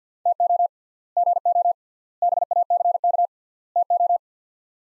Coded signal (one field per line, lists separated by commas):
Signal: Morse code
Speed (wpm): 50 wpm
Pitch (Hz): 700 Hz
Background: none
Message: TO GO BACK TO